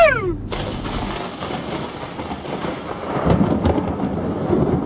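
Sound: thunder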